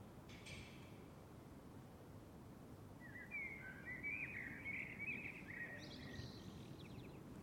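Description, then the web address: Bird song, a brief high chirp early, then a run of twittering, warbling notes from about three seconds onward over steady broad background noise. Calm summer evening. "Lynne Music 2 Birds-Summer-Evening-Calm"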